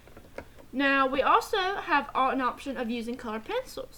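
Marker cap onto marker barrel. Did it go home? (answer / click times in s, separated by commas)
yes / 0.4 s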